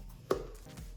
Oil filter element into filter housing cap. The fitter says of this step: Like that, it should do a click.